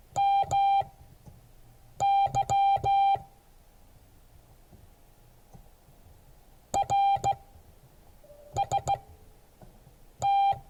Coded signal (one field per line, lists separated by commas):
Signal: Morse code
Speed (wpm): 16 wpm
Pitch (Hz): 790 Hz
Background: none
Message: MY RST